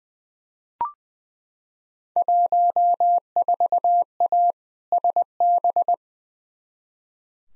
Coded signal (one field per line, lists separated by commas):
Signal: Morse code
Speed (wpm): 20 wpm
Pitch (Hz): 700 Hz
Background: none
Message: 14A SB